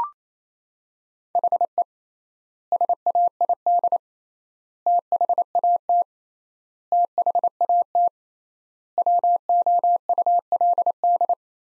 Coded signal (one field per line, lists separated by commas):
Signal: Morse code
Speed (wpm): 28 wpm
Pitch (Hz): 700 Hz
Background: none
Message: HE SAID THAT THAT WOULD